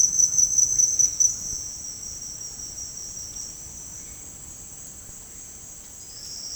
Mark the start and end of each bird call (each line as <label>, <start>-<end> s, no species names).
bird call, 0.00-1.48 s
bird call, 3.92-4.31 s